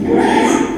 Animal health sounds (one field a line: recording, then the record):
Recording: squeal of a Yucatan mini pig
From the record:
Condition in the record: after surgery on the right vocal fold (resection and tissue-engineered implant)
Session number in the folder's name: 4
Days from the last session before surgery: 42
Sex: male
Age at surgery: 12 weeks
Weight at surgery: 13 kg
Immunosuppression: cyclosporine, prednisolone